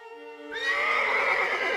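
A fallen horse lying in the street, still harnessed to the shaft of a farm wagon, gives a high, quavering whinny that breaks into a loud, breathy snort and rough blowing through its open nostrils, sustained for over a second with no voices.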